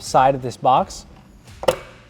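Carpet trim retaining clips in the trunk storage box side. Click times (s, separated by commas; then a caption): 1.6 s, 1.7 s. Trunk carpet on a C8 is lifted so its plastic retaining clips pop loose from the side of the storage box. Someone talks at first, then two sharp pops are heard at 1.6 s and 1.7 s as the clips release.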